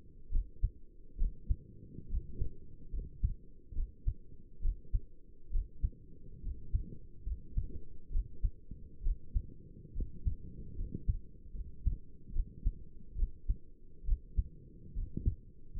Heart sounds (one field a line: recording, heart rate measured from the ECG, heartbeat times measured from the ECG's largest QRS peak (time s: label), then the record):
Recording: heart sounds by stethoscope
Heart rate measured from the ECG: 70 bpm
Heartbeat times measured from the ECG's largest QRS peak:
0.32 s: heartbeat
1.19 s: heartbeat
2.10 s: heartbeat
2.93 s: heartbeat
3.76 s: heartbeat
4.63 s: heartbeat
5.52 s: heartbeat
6.44 s: heartbeat
7.26 s: heartbeat
8.12 s: heartbeat
9.04 s: heartbeat
9.95 s: heartbeat
10.77 s: heartbeat
11.55 s: heartbeat
12.34 s: heartbeat
13.17 s: heartbeat
14.07 s: heartbeat
14.96 s: heartbeat
15.77 s: heartbeat
From the record:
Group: healthy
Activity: rest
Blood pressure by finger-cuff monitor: 99/57 mmHg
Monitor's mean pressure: 69 mmHg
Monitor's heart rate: 70 bpm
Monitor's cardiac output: 6.7 L/min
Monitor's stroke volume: 96 mL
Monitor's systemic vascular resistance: 740 dyn s/cm5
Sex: male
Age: 22 years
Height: 181 cm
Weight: 79 kg